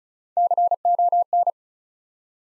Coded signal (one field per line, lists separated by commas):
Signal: Morse code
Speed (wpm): 36 wpm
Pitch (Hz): 700 Hz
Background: none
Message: CON